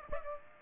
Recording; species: mosquito wingbeat signal from an infrared sensor; Aedes aegypti